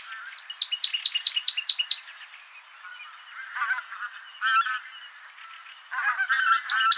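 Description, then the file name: Marsh tit calls: a rapid series of sharp, high, downslurred chips, followed by scattered nasal buzzy notes, then another chip series starting at the end. "Poecile palustris"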